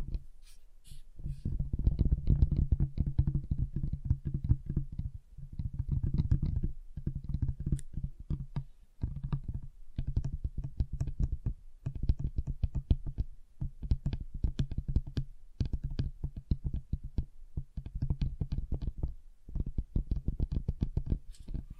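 Fingers tap steadily on a table, a rapid, dense patter of small knocks with a low, thudding body and brief clicky tops. The rhythm runs almost continuously for the whole stretch, broken by a few short gaps near 9, 15 and 19 seconds.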